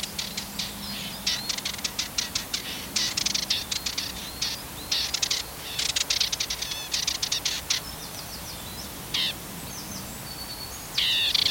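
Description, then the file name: Dartford warbler song: rapid scratchy, chattering bursts of dry notes in quick runs, with brief pauses and a few thin whistled notes toward the end. "Magnanina"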